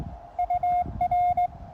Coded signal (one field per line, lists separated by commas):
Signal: Morse code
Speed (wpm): 21 wpm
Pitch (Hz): 700 Hz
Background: none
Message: UR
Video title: POTA QRP CW Cootie activation of White Pines State Forest, K-1031 using QRP-Labs QCX transceivers